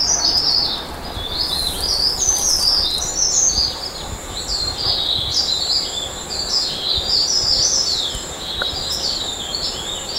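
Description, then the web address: Mountain leaf warbler singing high, thin warbled phrases that rise and fall, repeated over steady background noise. Recorded on Mount Kinabalu at Bukit Ular on 14 August 2009. "MTKINABALUBUKITULAR 20090814. mountain leaf warbler"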